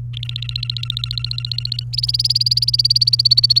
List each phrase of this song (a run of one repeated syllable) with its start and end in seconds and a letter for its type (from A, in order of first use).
0.13-1.84 A, 1.93-3.59 B